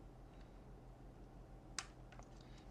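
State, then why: Seated. The male plug on the cable from the exterior Philips smart lock is slid into the female socket on the interior mounting plate. After a steady low hum, a single sharp click is heard at 1.8 s, followed by two faint ticks around 2.1–2.2 s. The lock wiring connector is seated.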